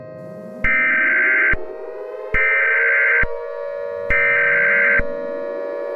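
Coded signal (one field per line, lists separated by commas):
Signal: Emergency Alert System (SAME) tones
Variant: header bursts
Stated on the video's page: Fictional EAS scenario.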